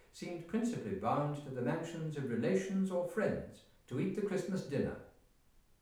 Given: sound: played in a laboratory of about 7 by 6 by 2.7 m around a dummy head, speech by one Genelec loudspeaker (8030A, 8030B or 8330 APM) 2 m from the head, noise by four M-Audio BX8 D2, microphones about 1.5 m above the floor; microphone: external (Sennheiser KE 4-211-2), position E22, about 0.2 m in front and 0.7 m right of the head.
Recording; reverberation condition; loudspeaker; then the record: male speech in English; medium; 90 degrees to the left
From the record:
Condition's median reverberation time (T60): about 510 ms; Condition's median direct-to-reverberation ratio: about -0.5 dB